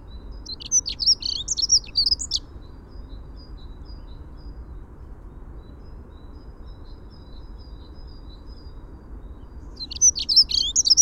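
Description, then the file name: Dunnock singing a rapid, thin, squeaky warble lasting about two seconds, then a long pause before the next high jangling phrase begins; soft low rumble underneath. "Prunella modularis - Dunnock"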